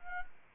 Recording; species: mosquito wingbeat signal from an infrared sensor; Anopheles arabiensis